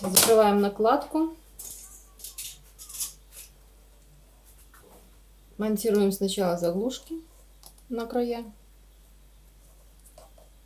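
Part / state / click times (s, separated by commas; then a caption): plastic trim cover strip into countertop skirting base profile / not seated / none. Someone talks while the end caps are fitted and the decorative plastic cover strip of a kitchen countertop wall trim is handled into the slot of its base profile, with a few faint handling ticks between phrases. Nothing has seated or clicked yet; the strip snaps on easily when the wall is flat.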